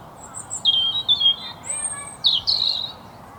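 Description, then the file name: European robin song of drawn-out thin, high whistles, a wavering mid-high note, then a sharper squeaky flourish, over light background hiss. "Erithacus rubecula"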